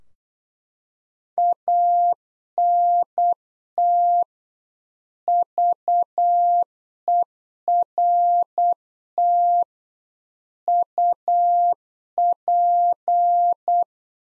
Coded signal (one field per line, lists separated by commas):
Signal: Morse code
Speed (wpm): 8 wpm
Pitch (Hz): 700 Hz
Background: none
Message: ANT VERT UP